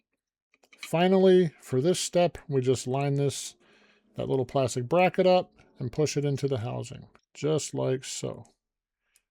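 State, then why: Seated. Someone talks while a small printed plastic LED bracket is lined up and pushed down into a 3D-printed A4T 3D-printer toolhead housing. A faint click at 9.2 s marks the bracket seating in place, with the housing's bottom lip and the body meeting as mated surfaces.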